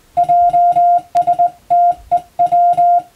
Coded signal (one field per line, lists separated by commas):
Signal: Morse code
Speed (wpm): 20 wpm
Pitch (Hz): 700 Hz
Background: music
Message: JSTEW